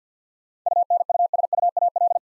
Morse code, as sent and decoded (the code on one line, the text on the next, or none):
..- -. ..- ... ..- .- .-..
UNUSUAL